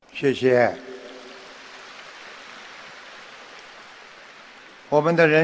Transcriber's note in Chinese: 掌声